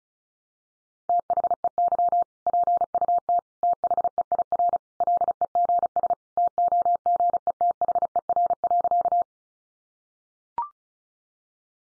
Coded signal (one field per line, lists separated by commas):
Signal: Morse code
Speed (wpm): 34 wpm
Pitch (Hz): 700 Hz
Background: none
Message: THEY PUT THEIR LEGS TOGETHER.